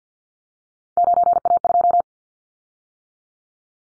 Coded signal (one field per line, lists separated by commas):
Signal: Morse code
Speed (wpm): 50 wpm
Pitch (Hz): 700 Hz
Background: none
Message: 9A2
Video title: Callsign Prefixes for Top 100 DXCC 50wpm